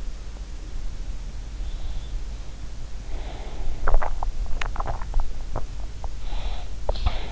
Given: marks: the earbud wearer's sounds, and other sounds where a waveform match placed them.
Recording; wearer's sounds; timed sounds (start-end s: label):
sounds in sleep by an in-ear microphone; breath, swallowing
1.77-3.73 s: breath
3.85-5.81 s: swallowing
6.04-7.32 s: breath